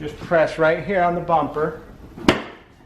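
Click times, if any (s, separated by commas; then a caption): 2.3 s. On a 2009-2020 Dodge Journey during a horn replacement, someone talks while pressing by hand on the plastic bumper cover so its clip locks into the holder bracket. A single sharp snap at 2.3 s confirms the clip has seated in the holder.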